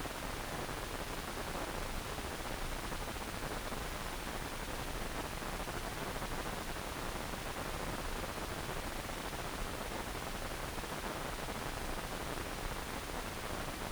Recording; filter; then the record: brain microelectrode recording played as sound; wide band, above 20 Hz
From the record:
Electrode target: subthalamic nucleus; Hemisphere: right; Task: reaching with the left hand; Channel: 1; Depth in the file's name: 1.506 mm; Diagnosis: Parkinson's disease